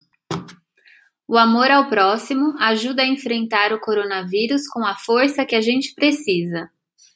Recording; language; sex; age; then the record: spoken sentence; Brazilian Portuguese; female; 50 to 59 years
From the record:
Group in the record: control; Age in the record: 57 years